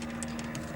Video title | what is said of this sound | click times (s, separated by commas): Mercedes W116 Auto dimming mirror installation | and we pull it out and the pin pops into place | 0.2 s